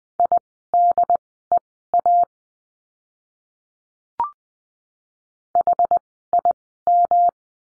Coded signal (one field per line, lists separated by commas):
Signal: Morse code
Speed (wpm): 20 wpm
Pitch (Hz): 700 Hz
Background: none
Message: IDEA HIM